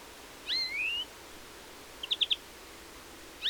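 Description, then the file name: European greenfinch: a rising two-part whistled call, then a quick four-note chattering trill, and another rising whistle starting at the end. "Chloris chloris"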